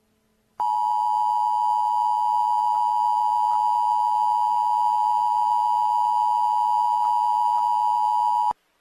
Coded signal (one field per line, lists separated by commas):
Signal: Emergency Alert System (SAME) tones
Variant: 853 and 960 Hz attention tone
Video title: Hazardous Materials - An EAS Scenario